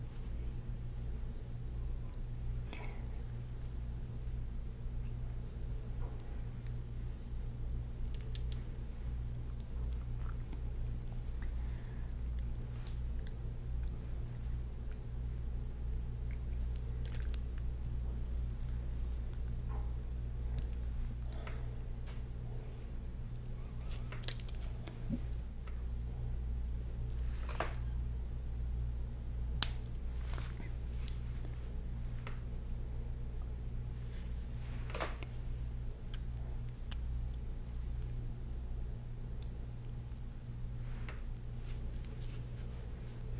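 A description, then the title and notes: A scalp and shoulder massage, heard as faint, scattered brushing and small taps and clicks over a steady low hum. The touches come irregularly every second or two, a few slightly sharper around the middle and near the end, with no talking. ASMR Real Person Scalp & Shoulder Massage.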